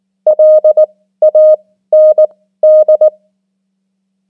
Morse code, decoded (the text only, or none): LAND